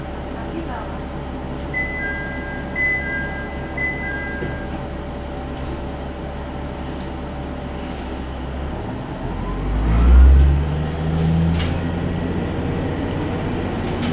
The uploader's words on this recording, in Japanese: 宝くじ号で移動 天竜浜名湖鉄道 金指→天竜二俣。念願の宝くじ号（現在は新・スローライフトレイン号）に乗車できました。